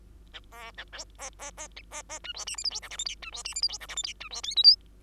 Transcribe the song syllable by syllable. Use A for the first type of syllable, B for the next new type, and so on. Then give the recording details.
A B A C D E F G H I J K L M D E F G H I J K L M D E N O P. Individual Bird2